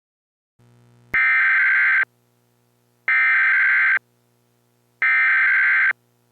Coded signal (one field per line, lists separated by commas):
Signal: Emergency Alert System (SAME) tones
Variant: header bursts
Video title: Zom-V-A20: An EAS mock scenario